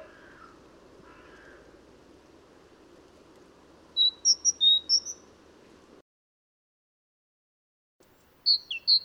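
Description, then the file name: Great tit song, a brief burst of high alternating notes over steady background rumble, then a gap and a few more notes at the end. "Mesange charbonniere chants"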